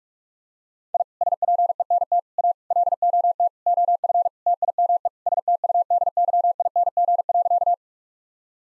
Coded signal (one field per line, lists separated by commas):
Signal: Morse code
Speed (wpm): 47 wpm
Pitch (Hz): 700 Hz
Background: none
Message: I SPENT A LOT OF TIME STUDYING.